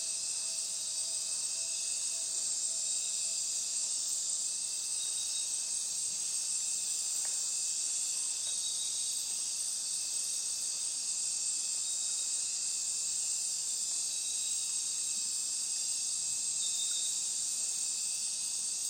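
A dense, unbroken wall of shrill insect buzzing fills the dark rainforest, piercing and almost electronic, with faint higher chirps flickering throughout.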